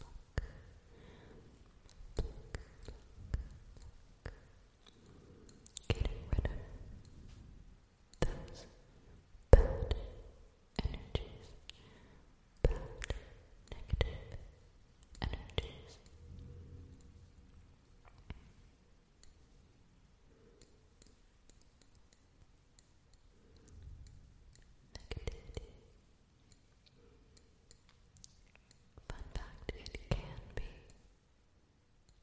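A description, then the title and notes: Assorted soft triggers: bursts of tapping, rustling and crinkling come in irregular clusters, busiest in the first sixteen seconds, then thinning to occasional touches around 25 and 30 seconds. A faint low hum sits underneath, with quiet gaps between the handling sounds. Fading In and Out | Assorted Triggers. Basic triggers as a storm rolls.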